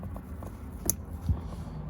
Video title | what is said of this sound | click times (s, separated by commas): Ultimate Tesla Model 3 Speaker Upgrade - Light Harmonic Pt 2 - The Installation! | it just clicks in you'll hear it click | 0.9 s